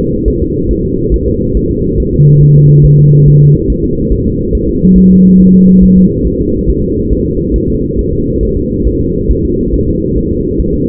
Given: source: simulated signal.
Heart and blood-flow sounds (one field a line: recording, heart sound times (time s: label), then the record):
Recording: fetal heart sounds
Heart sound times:
0.28 s: S1
0.42 s: S2
0.71 s: S1
0.85 s: S2
1.14 s: S1
1.28 s: S2
1.57 s: S1
1.71 s: S2
2.00 s: S1
2.14 s: S2
2.43 s: S1
2.57 s: S2
2.85 s: S1
2.99 s: S2
3.28 s: S1
3.42 s: S2
3.70 s: S1
3.84 s: S2
4.12 s: S1
4.27 s: S2
4.55 s: S1
4.69 s: S2
4.98 s: S1
5.12 s: S2
5.41 s: S1
5.55 s: S2
5.83 s: S1
5.98 s: S2
6.27 s: S1
6.41 s: S2
6.70 s: S1
6.84 s: S2
7.13 s: S1
7.27 s: S2
7.56 s: S1
7.70 s: S2
7.99 s: S1
8.13 s: S2
8.43 s: S1
8.57 s: S2
8.87 s: S1
9.01 s: S2
9.31 s: S1
9.45 s: S2
9.74 s: S1
9.88 s: S2
10.17 s: S1
10.32 s: S2
10.60 s: S1
10.74 s: S2
From the record:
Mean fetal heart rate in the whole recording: 140 bpm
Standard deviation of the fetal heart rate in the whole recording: 2 bpm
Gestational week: 34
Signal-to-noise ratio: -14.7 dB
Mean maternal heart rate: 72 bpm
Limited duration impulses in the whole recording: present